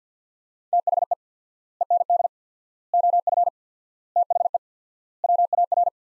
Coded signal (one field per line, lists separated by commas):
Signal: Morse code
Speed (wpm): 50 wpm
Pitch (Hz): 700 Hz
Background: none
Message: THE END OF THE WAR